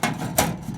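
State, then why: Seated. A metal top lid is put onto a small electric smoker box, giving a loud metallic hit at 0.0 s and another at 0.4 s. The lid snaps into place at 0.4 s, held by little tangs on the front and back so it doesn't release much heat.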